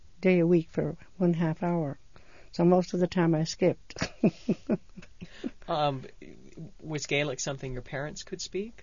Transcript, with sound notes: day a week for one half hour, so most of the time I escaped. (she laughs)
Was Gaelic something your parents could speak?